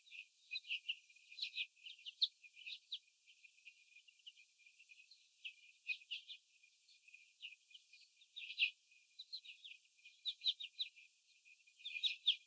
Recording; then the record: young laying hens in a cage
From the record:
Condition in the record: after the stressor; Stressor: sudden umbrella opening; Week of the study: 3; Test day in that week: 2